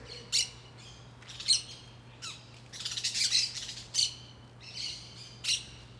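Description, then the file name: Parakeet giving harsh, buzzy squawks, single loud bursts roughly every second with a denser chattering run in the middle, over a faint steady hum. Several green parakeets, calling very distinctly in a residential block in Brasília. "Periquitos Verdes Muito Marcados em Quadra Residencial de Brasilia"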